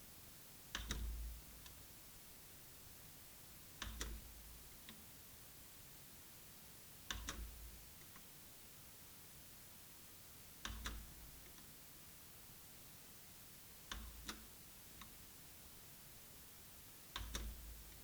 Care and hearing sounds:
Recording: daily activity, guitar pickup as the sensor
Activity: manipulate door

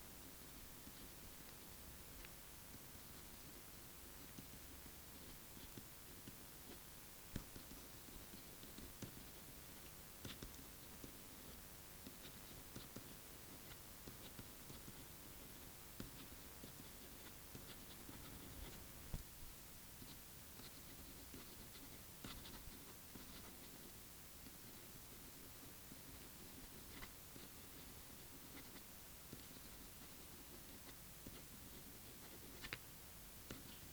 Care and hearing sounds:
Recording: daily activity, guitar pickup as the sensor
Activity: write

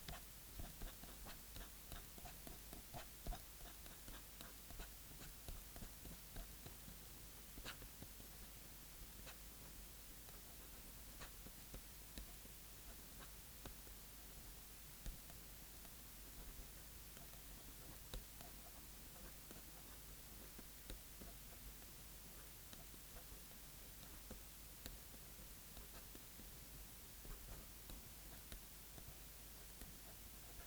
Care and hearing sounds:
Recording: daily activity, guitar pickup as the sensor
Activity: write

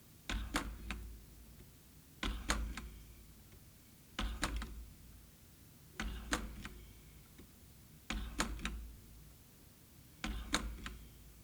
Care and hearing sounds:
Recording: daily activity, guitar pickup as the sensor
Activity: manipulate door

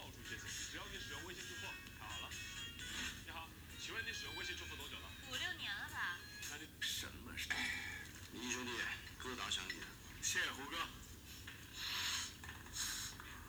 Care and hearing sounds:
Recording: daily activity, guitar pickup as the sensor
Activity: browse video

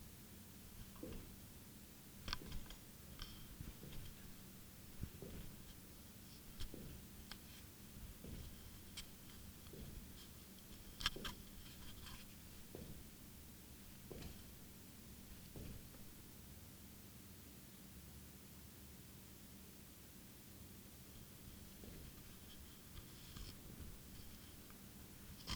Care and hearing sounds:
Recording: daily activity, guitar pickup as the sensor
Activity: jump

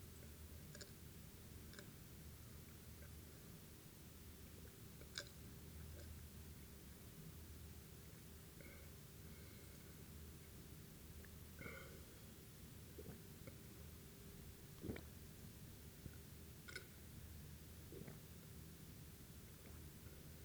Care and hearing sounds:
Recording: daily activity, guitar pickup as the sensor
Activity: drink water

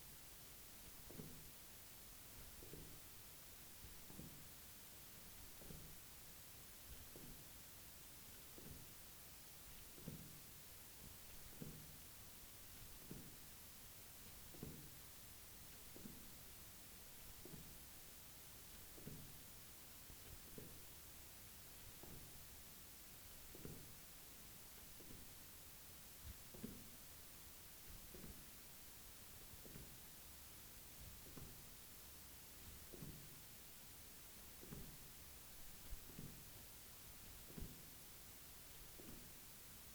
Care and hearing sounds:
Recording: daily activity, guitar pickup as the sensor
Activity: jump

